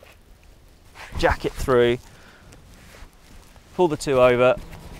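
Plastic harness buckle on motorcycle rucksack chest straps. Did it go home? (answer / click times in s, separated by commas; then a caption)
no / none. A plastic harness buckle on the chest straps of a Kriega R30 motorcycle rucksack is handled as the two halves of the chest harness are pulled together, while someone talks. Faint handling noises are heard between bursts of speech. The clip ends before the buckle clips shut, so nothing has seated or clicked yet.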